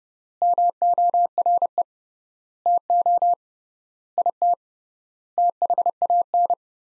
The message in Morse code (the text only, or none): MORE TO IT THAN